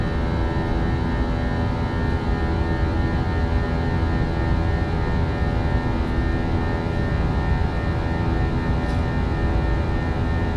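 A steady airplane engine drone fills the cabin, a dense low rumble under fixed whining tones that hold unchanged throughout.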